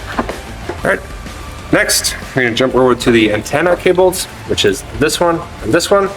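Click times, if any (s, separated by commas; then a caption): 0.2 s, 0.3 s. The keyed power cable from the battery of a Sveaverken F100 auto-steer is pushed into its mating socket on the auto-steer control unit, which it fits only one way. Sharp clicks at 0.2 s and 0.3 s mark the plug seating. Someone then talks over background music.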